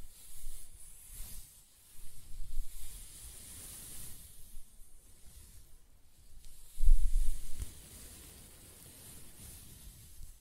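Close-up hair being scratched and stroked, soft hissy rustles in uneven bursts with low rubbing thumps, loudest around seven seconds.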